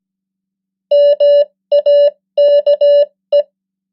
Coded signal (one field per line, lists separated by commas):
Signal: Morse code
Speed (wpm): 17 wpm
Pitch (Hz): 580 Hz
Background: none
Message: MAKE